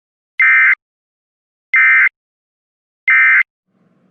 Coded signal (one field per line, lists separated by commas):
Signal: Emergency Alert System (SAME) tones